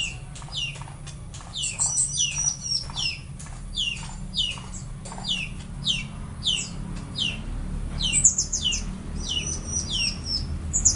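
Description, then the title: Orange-headed thrush song: a continuous run of quick, downslurred whistled notes over a low rumble. "Anis Merah"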